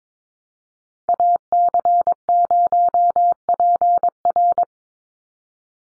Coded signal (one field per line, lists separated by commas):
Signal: Morse code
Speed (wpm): 22 wpm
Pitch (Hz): 700 Hz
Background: none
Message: AC0PR